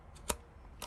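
The horn wire connector is pushed onto its terminal on the horn pad of a VIP Smart Wheel steering wheel during a clock spring replacement, and it clips on with a sharp click at 0.3 s. A fainter click follows at 0.8 s, and the connector is seated.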